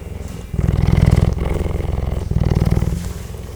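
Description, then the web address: North Chinese leopard making a low, rapidly throbbing pulsed rumble in a few long breathy bursts. Captive animal in a zoo in Szeged, recorded close up in 2011. "szegedizoo. eszakkinaileopard"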